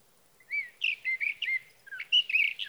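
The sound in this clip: Sage thrasher song: a lively run of slurred whistles and warbled notes, rising and dipping in pitch.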